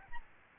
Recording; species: mosquito wingbeat signal from an infrared sensor; Aedes albopictus